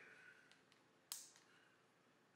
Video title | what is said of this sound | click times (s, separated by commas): Switchback LED Turn signal Load Resistor Wiring | we slap it around over here and we double lock it | 1.1 s